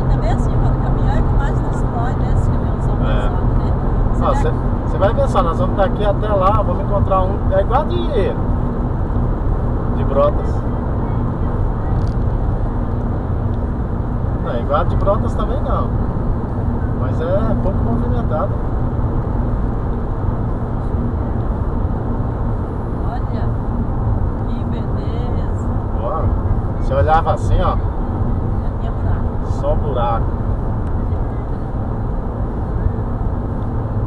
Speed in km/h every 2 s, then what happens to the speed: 149, 148, 144, 141, 139, 137, 137, 136, 135, 136, 135, 134, 126, 125, 127, 127, 128.
0-25 slows to 125. 25-34 steady at about 127.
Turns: none.